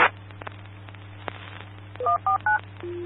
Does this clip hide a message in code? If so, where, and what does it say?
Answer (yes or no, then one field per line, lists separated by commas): yes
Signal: DTMF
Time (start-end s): 2.1-2.6 s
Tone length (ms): 130 ms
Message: 149